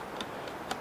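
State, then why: Not seated. A plastic detachable number pad module is handled at the side of an Azio Levetron Mech 4 mechanical keyboard as it is slid down onto it, with two brief faint ticks at about 0.2 and 0.7 seconds over a steady low background. The clip ends before the number pad goes home, so nothing has seated or clicked into place yet.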